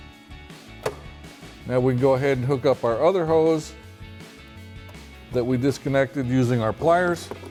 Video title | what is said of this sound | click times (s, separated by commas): 2018-2023 Mustang K&N Series 57 FIPK Cold Air Intake Review & Install | over the new fitting that we just installed and push it down until it snaps into place. | 0.9 s